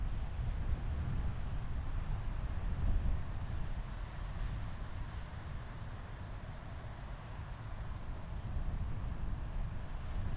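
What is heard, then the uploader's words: A beach soundscape dominated by a steady, dense low rumble, like surf mixed with wind buffeting the microphone. A softer hiss sits above it throughout, and the level stays nearly constant, easing slightly past the midpoint, with no distinct events standing out. These relaxing sounds are coming to you from Jones Beach. 4:00 pm.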